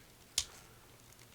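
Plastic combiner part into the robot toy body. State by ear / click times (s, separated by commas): seated / 0.4 s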